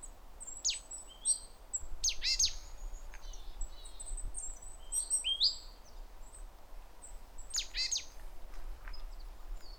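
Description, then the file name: Great tit calls: short, sharp bursts come at irregular intervals, with thin high chirps and a low background rumble. "Parus major"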